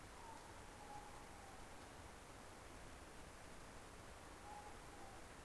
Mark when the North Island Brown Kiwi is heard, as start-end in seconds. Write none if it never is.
none